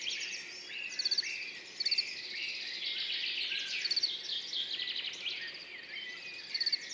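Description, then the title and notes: Field cricket giving a few brief pulsed chirps at irregular intervals, with many birds singing and twittering throughout. Recorded among orchids on Montagne du Puy, 10 June 2019, in the morning after a mild night; continuous song, with birds waking and insects warming up behind; Nagra Seven, MKH40, stereo. "10 juin 2019-Montagne du Puy - Nagra seven - mkh40-stéréo Ce matin comme la nuit a été douce le grillon champêtre continu sont train train sonore."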